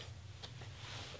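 A plastic electrical plug is handled at the intake air (MAP) sensor of a B7 RS4 while the air filter is being reinstalled. Only a steady low hum and faint handling rustle with a brief light tick are heard. Nothing has seated or clicked yet.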